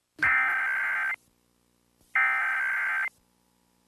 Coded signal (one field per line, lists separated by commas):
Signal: Emergency Alert System (SAME) tones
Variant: header bursts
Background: speech